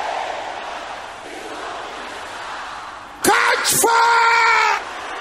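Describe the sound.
An audience shouts a prayer loudly together: after a few seconds of low crowd murmur, many voices burst into one sustained, strained cry lasting over a second before cutting off.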